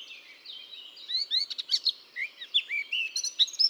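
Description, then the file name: Eurasian blackcap song, a soft scratchy start building into louder, clearer whistled and chirped notes toward the end. "Sylvia atricapilla"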